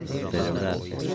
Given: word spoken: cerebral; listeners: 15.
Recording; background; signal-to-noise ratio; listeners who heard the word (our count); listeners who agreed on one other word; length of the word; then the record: one Spanish word in noise, from a listening test; eight-talker babble; 0.3 dB; 0 of 15; 6 of 15; 0.75 s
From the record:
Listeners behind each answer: 6, 2, 1, 1, 1, 1, 1, 1, 1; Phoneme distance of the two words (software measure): 20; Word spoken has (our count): 3 syllables, 8 phonemes, stress on syllable 3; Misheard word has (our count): 3 syllables, 8 phonemes, stress on syllable 3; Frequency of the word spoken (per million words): 16.78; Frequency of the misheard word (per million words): 23.64